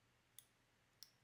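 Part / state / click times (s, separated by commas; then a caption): torque-limiting driver with Torx bit on a gun screw / torque reached / 0.4 s, 1.0 s. A torque-limiting driver with a Torx bit, used on a gun screw, reaches its torque setting and gives two short, sharp clicks at 0.4 s and 1.0 s over a quiet background. Once it clicks, the driver turns freely without driving the bit, confirming the limiter releases at its setting.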